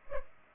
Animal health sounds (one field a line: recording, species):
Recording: mosquito wingbeat signal from an infrared sensor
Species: Culex pipiens